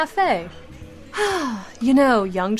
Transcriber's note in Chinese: sigh